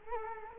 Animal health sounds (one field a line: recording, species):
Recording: mosquito wingbeat signal from an infrared sensor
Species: Culex quinquefasciatus